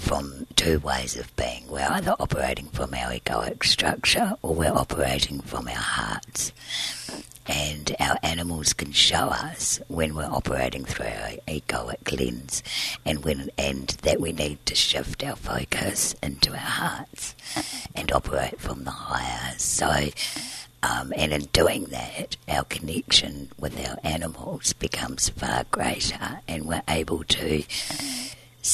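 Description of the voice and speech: An adult woman speaks fluently in an unusually low, rough, creaky voice with a breathy, partly whispered quality and frequent vocal fry. This is dysphonia from scarring of one vocal fold, caused by surgery at 20 to remove large laryngeal cysts present from birth. The scar keeps the folds from vibrating smoothly. She breathes through a tracheostomy tube because her airway is very narrow.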